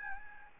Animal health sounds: mosquito wingbeat signal from an infrared sensor; Aedes albopictus

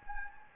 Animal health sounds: mosquito wingbeat signal from an infrared sensor; Anopheles gambiae

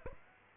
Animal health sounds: mosquito wingbeat signal from an infrared sensor; Aedes aegypti

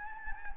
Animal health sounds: mosquito wingbeat signal from an infrared sensor; Anopheles gambiae

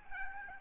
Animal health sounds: mosquito wingbeat signal from an infrared sensor; Aedes albopictus

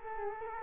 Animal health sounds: mosquito wingbeat signal from an infrared sensor; Culex quinquefasciatus

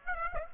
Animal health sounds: mosquito wingbeat signal from an infrared sensor; Aedes aegypti

